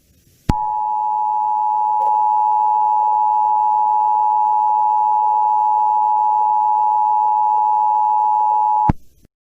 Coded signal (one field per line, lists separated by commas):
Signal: Emergency Alert System (SAME) tones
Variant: 853 and 960 Hz attention tone